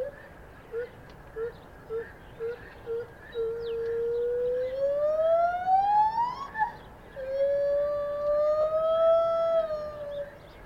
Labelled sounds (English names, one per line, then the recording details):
Lar Gibbon
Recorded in captivity
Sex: pair
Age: adult
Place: Tierpark Berlin, Berlin, DE
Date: 1989-12-26
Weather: sonnig, -2°C
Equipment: Sony WM-D6C, Kopie 19 cm
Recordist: Tembrock, Günter